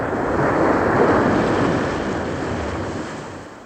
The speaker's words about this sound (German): Dann setzte die Maschine auf dem Wasser auf.